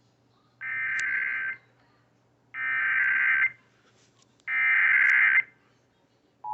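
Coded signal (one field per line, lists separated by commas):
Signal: Emergency Alert System (SAME) tones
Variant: header bursts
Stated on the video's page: AMBER Alert broadcast for Greensboro, North Carolina.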